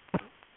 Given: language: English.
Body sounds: throat vibration sensor signal played as sound; cough

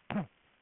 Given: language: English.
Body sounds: throat vibration sensor signal played as sound; throat clearing

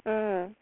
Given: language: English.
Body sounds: throat vibration sensor signal played as sound; speech

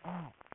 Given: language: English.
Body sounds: throat vibration sensor signal played as sound; throat clearing

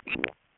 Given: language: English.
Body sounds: throat vibration sensor signal played as sound; swallow

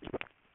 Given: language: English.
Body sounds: throat vibration sensor signal played as sound; swallow

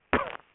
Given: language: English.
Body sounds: throat vibration sensor signal played as sound; cough

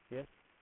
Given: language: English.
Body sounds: throat vibration sensor signal played as sound; speech

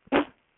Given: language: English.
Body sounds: throat vibration sensor signal played as sound; cough

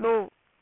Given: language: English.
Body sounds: throat vibration sensor signal played as sound; speech

